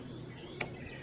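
A click-type Craftsman torque wrench held in a vise is loaded with a hanging weight at a set distance, the weight having been moved back out after a ¼ inch position failed to click. Against a steady low background, the wrench breaks over with a single sharp click at 0.6 s, confirming it clicks at the setting.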